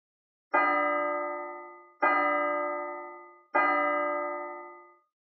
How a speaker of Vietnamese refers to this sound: Chuông chùa ngân nga, tiếng trống chiều tà trầm trầm.